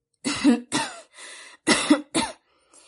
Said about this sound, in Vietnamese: Nghe Nguyễn đàn chủ nói vậy, y đưa tay che miệng, khẽ ho mấy tiếng, rồi lại nói bằng giọng suy nhược.